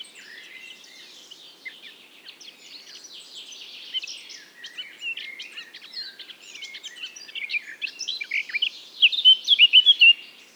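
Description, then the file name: Eurasian blackcap singing a long, quiet, scratchy warble of jumbled notes that gradually grows louder and ends in a burst of clear, rapid fluty notes. "Sylvia atricapilla"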